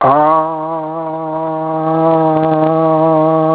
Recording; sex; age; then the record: sustained vowel /a/ by telephone; male; 50 to 59 years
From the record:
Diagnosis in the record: Parkinson's disease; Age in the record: 56 years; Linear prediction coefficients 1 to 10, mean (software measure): 1.95, -1.28, -0.12, 0.30, 0.08, -0.07, -0.03, -0.11, 0.14, -0.04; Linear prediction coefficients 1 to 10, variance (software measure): 0.040, 0.110, 0.037, 0.036, 0.017, 0.019, 0.018, 0.013, 0.019, 0.006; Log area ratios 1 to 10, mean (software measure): -2.58, 2.89, -0.97, -0.16, 0.45, 0.29, 0.00, -0.07, -0.09, 0.09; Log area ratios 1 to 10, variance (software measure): 0.058, 0.067, 0.192, 0.073, 0.068, 0.025, 0.039, 0.025, 0.019, 0.023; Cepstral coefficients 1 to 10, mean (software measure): 1.95, 0.65, -0.12, -0.35, -0.28, -0.13, 0.01, -0.02, 0.01, -0.02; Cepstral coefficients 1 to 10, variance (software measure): 0.040, 0.022, 0.015, 0.009, 0.005, 0.003, 0.004, 0.004, 0.001, 0.001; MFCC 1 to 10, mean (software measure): -4.38, 2.34, -0.86, -0.97, 0.09, 0.07, -0.31, -0.08, 0.14, -0.12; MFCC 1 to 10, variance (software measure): 0.969, 0.034, 0.102, 0.061, 0.051, 0.070, 0.084, 0.041, 0.109, 0.066